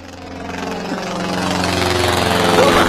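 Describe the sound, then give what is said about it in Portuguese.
A small 'teco-teco' propeller airplane engine, the kind that passes over the beach towing a banner, drones steadily, its low buzzing hum layered with rough harmonics and gradually growing louder over a few seconds. “Põe de novo o avião, põe o Teco Teco.”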